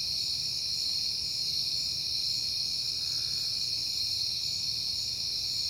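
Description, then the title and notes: Cricket: steady shrill trilling, unchanging in pitch and loudness, with a faint low hum in the background. Recorded at night in September on a peaceful night. "Night Time: Crickets and Passing Cars. It is September and I have been hearing the crickets a lot, but finally had a peaceful night to make the recording"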